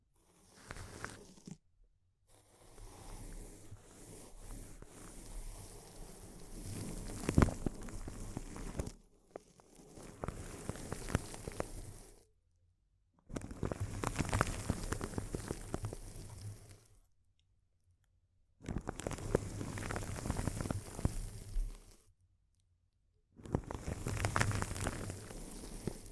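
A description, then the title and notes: Intense, close-up crinkling comes in long dense bursts of sharp crackles and rustles, each running several seconds before breaking off into brief silence. The texture is busy and bright with a few louder snaps, and the pauses recur about every five seconds. ASMR Intense Close-Up Crinkles (No Talking).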